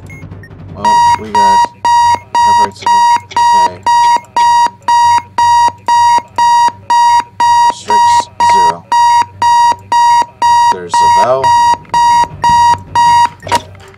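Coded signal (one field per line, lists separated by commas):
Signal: none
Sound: a game's timer beeps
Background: speech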